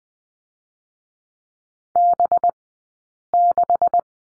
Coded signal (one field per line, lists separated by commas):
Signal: Morse code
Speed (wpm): 20 wpm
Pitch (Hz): 700 Hz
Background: none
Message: B6